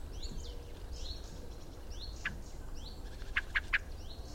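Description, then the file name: Common blackbird giving sharp clicking chink notes, one near the middle then three quick ones near the end, amid repeated thin rising whistles and low rumble. "Turdus merula"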